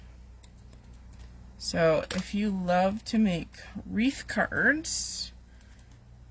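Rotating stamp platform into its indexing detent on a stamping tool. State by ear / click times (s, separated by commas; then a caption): seated / 0.4 s. The plastic stamp platform of a Sizzix Stamp & Spin tool is rotated until it drops into its next indexing detent, giving a single sharp click at 0.4 s that shows it has seated. A few faint ticks follow, and then someone talks.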